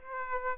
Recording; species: mosquito wingbeat signal from an infrared sensor; Aedes aegypti